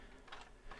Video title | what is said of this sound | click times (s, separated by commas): Zeta Toys Armageddon ZA-03 BLITZKRIEG Transformers Masterpiece Onslaught | clicks going on there. | 0.3 s, 0.7 s